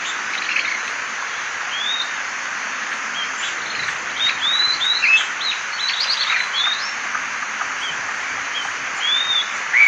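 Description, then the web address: Bird calls: many short high chirps and rising then falling whistles, scattered and overlapping, over a steady hiss. "BIRD 2015 SABIOD 50 bird 2015"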